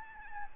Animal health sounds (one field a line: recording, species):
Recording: mosquito wingbeat signal from an infrared sensor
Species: Aedes albopictus